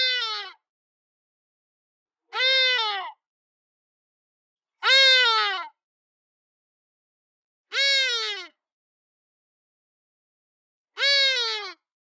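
Hadeda ibis calling: loud, harsh, descending squawks given singly, five calls spaced a few seconds apart with silence between.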